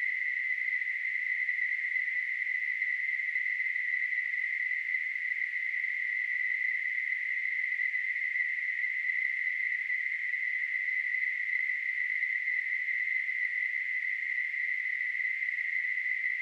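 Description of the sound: Simulated tinnitus: a steady, continuous hissing ring concentrated in a narrow band near 2 kHz, unchanging in pitch and loudness throughout.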